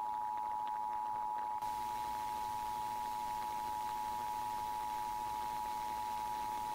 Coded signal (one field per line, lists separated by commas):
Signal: Emergency Alert System (SAME) tones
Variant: 853 and 960 Hz attention tone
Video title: Iowa Required Monthly Tests (EAS #183-184)